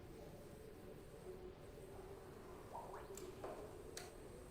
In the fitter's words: we'll tighten until it clicks